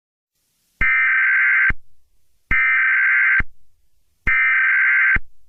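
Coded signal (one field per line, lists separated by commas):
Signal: Emergency Alert System (SAME) tones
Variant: header bursts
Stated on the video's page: Fictional EAS scenario, not a real alert.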